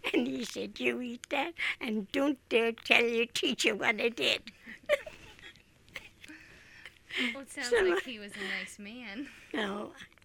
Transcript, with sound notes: And he said, you eat that and don't dare tell your teacher what I did. [Laughs]
Well it sounds like he was a nice man.
Oh, no.